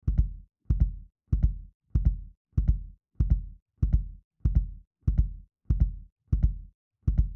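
Regular low-pitched paired thumps, about 95 a minute, each a quick lub-dub followed by silence. A fast heartbeat, as a sound effect.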